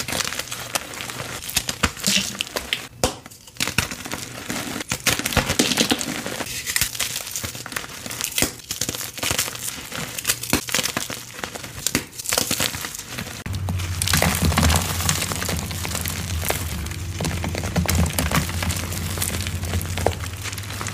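Gym chalk is crushed and crumbled in irregular bursts, dry crinkling and crackling textures with sharp cracks scattered throughout. From about 13 seconds a low steady hum joins underneath, and the crunching grows denser and more continuous toward the end.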